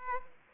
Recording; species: mosquito wingbeat signal from an infrared sensor; Aedes aegypti